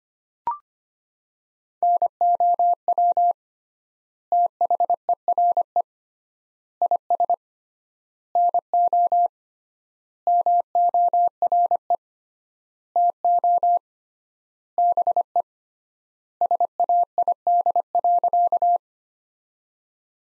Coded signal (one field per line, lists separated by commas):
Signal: Morse code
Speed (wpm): 25 wpm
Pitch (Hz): 700 Hz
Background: none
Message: NOW THERE IS NO MORE TO BE SAID.